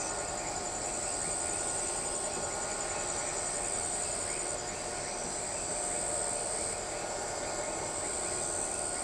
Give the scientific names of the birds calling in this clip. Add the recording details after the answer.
none. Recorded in shrubland near Pivijay, Magdalena, Colombia, on 13 April 2023 at 21:00. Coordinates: 10.453, -74.365. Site P5-G022